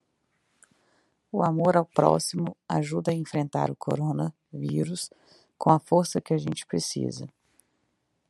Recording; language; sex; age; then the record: spoken sentence; Brazilian Portuguese; female; 30 to 39 years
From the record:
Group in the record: control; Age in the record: 39 years